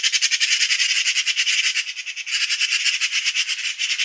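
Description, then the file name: Eurasian magpie delivering a continuous fast machine-gun rattle of harsh notes without a break. "Pica pica"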